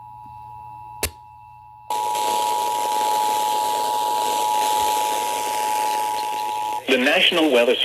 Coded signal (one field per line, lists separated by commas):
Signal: Emergency Alert System (SAME) tones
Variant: 853 and 960 Hz attention tone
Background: speech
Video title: EAS #183-186 Flash Flood Warning on Multiple FM Stations